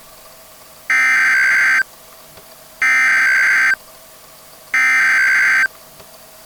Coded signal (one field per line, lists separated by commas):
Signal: Emergency Alert System (SAME) tones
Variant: header bursts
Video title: Christmas: A Time for Fear | An EAS Scenario